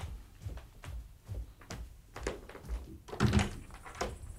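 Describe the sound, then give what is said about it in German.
A door is opened late in the evening with a series of dull thunks and knocks, ending in a louder rattling clatter of the latch and frame, with no voices. “Sie sollten so spät am Abend nicht einfach die Tür öffnen, ohne vorher zu fragen, wer da ist.”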